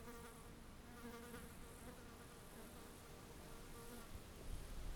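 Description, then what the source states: Fly buzzing, a steady droning hum with short high hissing bursts in the background. Recorded in Australia.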